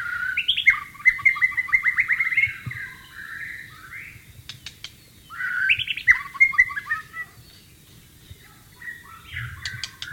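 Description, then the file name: White-rumped shama song: two bursts of rich whistled phrases with rapid trilled runs, separated by pauses, plus quieter notes and low background rumble. White-rumped shama (murai batu) in the wild. "suara burung murai batu di alam liar"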